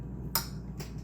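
A sensor electrical connector is lined up with the small tab and pushed onto the intake sensor of a Buick Enclave during an air filter replacement until its plastic latch grabs. A sharp, bright click sounds at 0.4 s, followed by a fainter, softer sound at 0.8 s over a steady low hum. The connector is confirmed seated.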